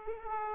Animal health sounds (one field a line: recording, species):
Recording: mosquito wingbeat signal from an infrared sensor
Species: Aedes aegypti